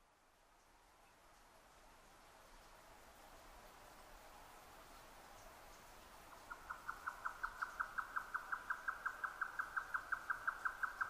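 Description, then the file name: Grey nightjar song starting after six quiet seconds of faint background hiss, then a long, fast, steady series of identical clucking notes. 12 June 2009 at 22:41. "yotaka-20090612-2241"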